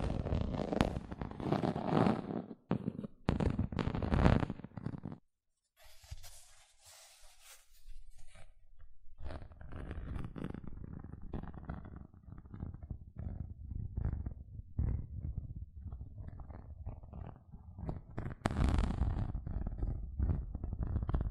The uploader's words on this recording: ASMR 6 Tingly Gentle Scratching Sounds (No Talking).